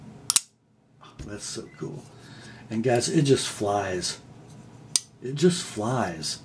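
A folding knife with a milled S35VN blade made in British Columbia is flicked open, and the blade locks into the handle with a sharp double click at 0.3 and 0.4 seconds. Someone then talks, and another brief sharp tick is heard near 5.0 seconds. The blade ends up locked open.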